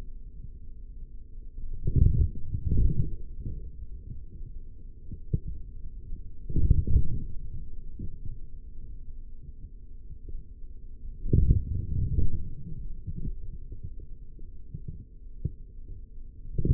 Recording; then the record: forearm muscle sounds (acoustic myography)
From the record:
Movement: forearm supination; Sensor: system 3, bracelet of six PUI Audio POM-2738L microphones around the upper forearm, with dedicated amplification and filtering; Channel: 4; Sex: male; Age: 43 years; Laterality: right